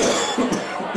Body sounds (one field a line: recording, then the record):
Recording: coughing mixed with background sound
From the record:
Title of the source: Spring Cold Coughing 3